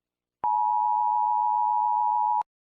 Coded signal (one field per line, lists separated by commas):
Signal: Emergency Alert System (SAME) tones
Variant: 853 and 960 Hz attention tone